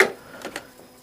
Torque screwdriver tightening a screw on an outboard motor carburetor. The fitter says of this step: and hear it click